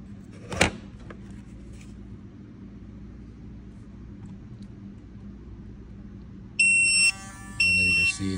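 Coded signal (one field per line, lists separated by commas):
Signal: pager alert tone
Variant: restaurant guest pager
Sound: a click, quiet room hum, then two shrill high beeps about half a second each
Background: low room hum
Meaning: The pager is being called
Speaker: I hit send. And then you can see that we just transmitted that frequency to that SmartStack there.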